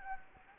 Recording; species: mosquito wingbeat signal from an infrared sensor; Anopheles gambiae